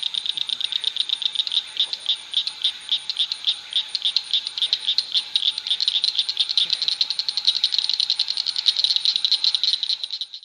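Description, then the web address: Blanchard's cricket frog clicks: a sharp, high-pitched rattling series of quick pulses that continues steadily throughout. Arkansas. "Frog Acris Blanchardi"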